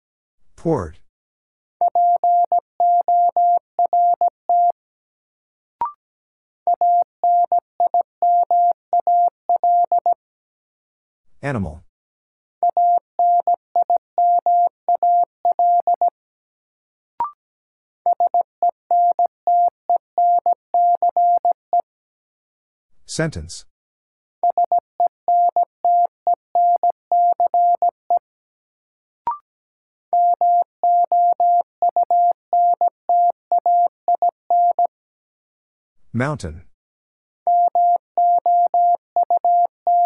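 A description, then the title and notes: A word is sent in Morse code as a steady mid-pitched beep keyed on and off in quick dots and dashes, the same group repeating roughly every six seconds. Short sweeping whooshes cut in between some repetitions, and faint ticks mark the other gaps. New Word Drill - 17wpm. First, the word is sent in Morse code.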